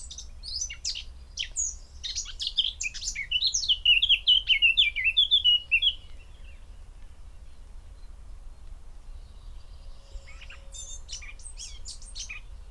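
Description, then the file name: Eurasian blackcap song: scratchy high chatter that opens into a loud, fluty warble of rippling whistles, then quieter scattered chirps later on. "Sylvia atricapilla"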